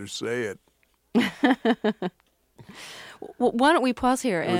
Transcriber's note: laughter